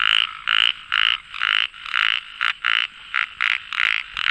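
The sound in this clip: Frog croaks in a fast series of short, buzzy, pulsed notes, roughly two to three per second, somewhat uneven in spacing, with no other clear sounds.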